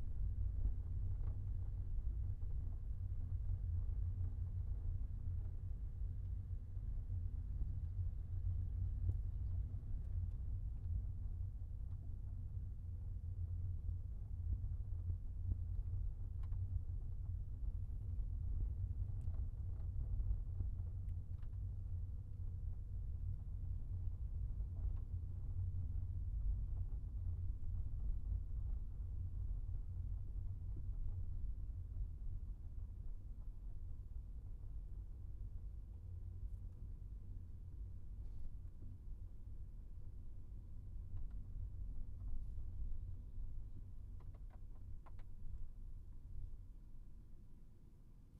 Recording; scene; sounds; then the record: everyday scene through a hearing-aid microphone; in a vehicle; engine, rumble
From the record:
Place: Skoda Fabia, gasoline engine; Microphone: behind the ear, right, rear